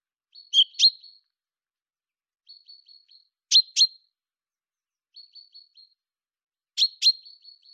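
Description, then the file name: Common chaffinch calling: pairs of loud sharp notes roughly every three seconds, with groups of about four soft short high notes between them. "Fringilla coelebs"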